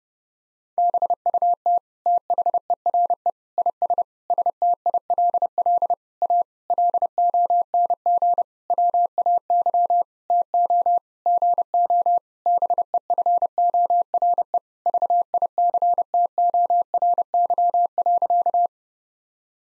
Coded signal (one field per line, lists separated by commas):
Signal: Morse code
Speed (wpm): 32 wpm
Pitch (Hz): 700 Hz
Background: none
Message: BUT THERE IS STILL A LONG WAY TO GO BEFORE VICTORY.